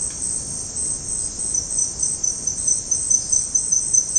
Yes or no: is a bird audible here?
no